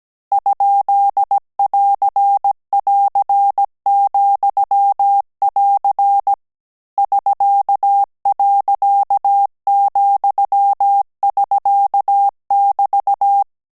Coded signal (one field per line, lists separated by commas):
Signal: Morse code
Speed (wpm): 17 wpm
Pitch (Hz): 800 Hz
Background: none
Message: ?<AR><AR>,<AR> <SK>.,<SK><BT>